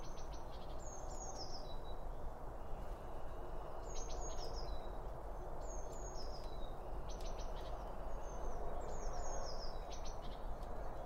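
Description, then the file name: Birds calling in short high chirpy phrases with quick descending twitters, repeated several times over low steady noise. Birds at a bird feeder, recorded with two Line Audio OM1 microphones. "Birds Around Birdfeeding With Two Om 1 From Line Audio"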